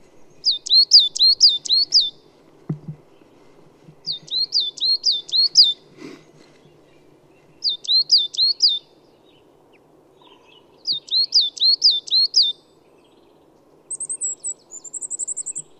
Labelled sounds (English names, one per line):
Coal Tit song